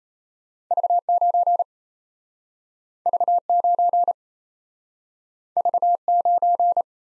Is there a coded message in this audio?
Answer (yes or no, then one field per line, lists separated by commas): yes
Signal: Morse code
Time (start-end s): 0.7-6.8 s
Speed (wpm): 38 wpm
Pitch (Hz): 700 Hz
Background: none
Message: V9 V9 V9